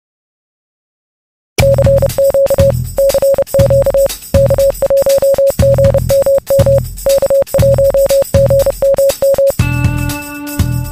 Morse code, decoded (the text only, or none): CQ CQ K1GMM K1GMM